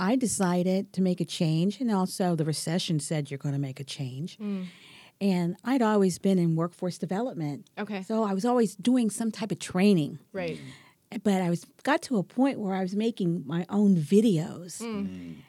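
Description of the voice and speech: An adult speaks fluently in conversation about a career change, with a listener's brief murmurs of agreement.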